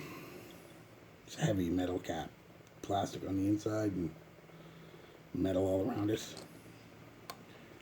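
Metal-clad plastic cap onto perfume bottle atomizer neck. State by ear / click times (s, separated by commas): seated / 7.3 s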